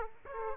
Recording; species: mosquito wingbeat signal from an infrared sensor; Aedes aegypti